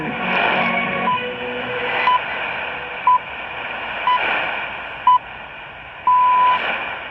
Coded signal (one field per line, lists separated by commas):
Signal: radio time signal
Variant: time pips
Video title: Radio New Zealand with BBC relay at 0600 UTC 13690 kHz Shortwave on Sony ICF-7600GR telescopic